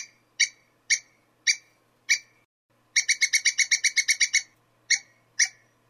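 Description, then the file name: Squirrel chip calls: sharp, harsh notes about twice a second, then a rapid burst of roughly a dozen chips, then slower spaced chips again, over a faint low hum. "suara bajing. omkicau"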